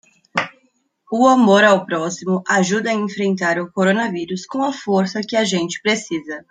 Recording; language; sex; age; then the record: spoken sentence; Brazilian Portuguese; female; 20 to 29 years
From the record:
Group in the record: control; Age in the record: 23 years